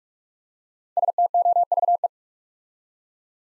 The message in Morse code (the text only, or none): STOVE